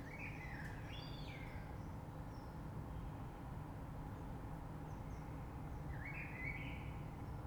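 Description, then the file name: Common blackbird song, faint slurred fluty phrases rising and falling near the start and again around six seconds, over a steady low rumble of background noise. Recorded 3 March 2020. "Rush Merle"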